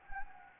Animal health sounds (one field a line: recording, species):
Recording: mosquito wingbeat signal from an infrared sensor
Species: Anopheles gambiae